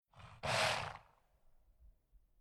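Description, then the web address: Horse grunt and snort: a brief low rough grunt, then one loud breathy blast of air lasting about half a second, fading into quiet. Angry horse, a single grunt and snort. "Nature Animal Horse Angry Grunt Snort Single"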